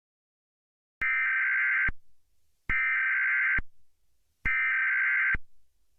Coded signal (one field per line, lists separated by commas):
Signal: Emergency Alert System (SAME) tones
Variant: header bursts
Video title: EAS Scenario - "Splatter"